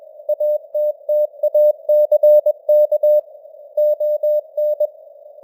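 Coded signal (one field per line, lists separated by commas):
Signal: Morse code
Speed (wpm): 21 wpm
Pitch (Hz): 600 Hz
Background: none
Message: ATTACK ON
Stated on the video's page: News headlines sent in Morse at 21 wpm with simulated radio noise and varying signal strength (QSB).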